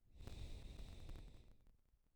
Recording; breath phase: one breath near a microphone; exhalation